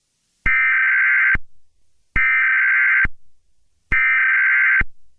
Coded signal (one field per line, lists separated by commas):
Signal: Emergency Alert System (SAME) tones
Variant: header bursts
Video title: The Purge | EAS Scenario